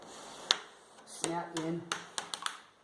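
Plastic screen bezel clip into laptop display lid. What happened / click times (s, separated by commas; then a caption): A plastic clip snaps into place / 0.5 s. A plastic screen bezel clip on an HP 15-ac121dx laptop is pushed along the bezel edge into the display lid, and a sharp snap at 0.5 s marks the clip seating home. Someone talks, and a few more short clicks follow near the end.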